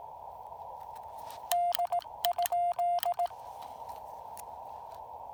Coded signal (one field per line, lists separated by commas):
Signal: Morse code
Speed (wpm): 18 wpm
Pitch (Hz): 690 Hz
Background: none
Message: D?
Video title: POTA Field Report: Activating Lake James with the Yaesu FT-817ND and no ATU